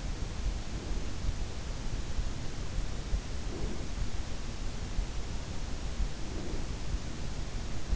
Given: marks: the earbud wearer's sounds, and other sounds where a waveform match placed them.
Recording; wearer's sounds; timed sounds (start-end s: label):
sounds in sleep by an in-ear microphone; breath
0.32-1.29 s: breath
3.04-4.14 s: breath
6.14-7.17 s: breath